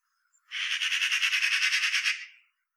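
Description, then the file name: Eurasian magpie giving a single harsh, rattling chatter of about two seconds, made of rapid dry pulses. "Pica pica"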